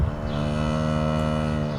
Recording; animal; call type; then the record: contact call of a hoofed animal; cattle; low-frequency (closed-mouth) or high-frequency (open-mouth) call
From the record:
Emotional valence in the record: negative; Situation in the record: full separation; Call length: 1.78 s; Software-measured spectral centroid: 1630 Hz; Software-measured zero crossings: 1240 a second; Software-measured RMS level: -24 dBFS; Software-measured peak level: -11 dBFS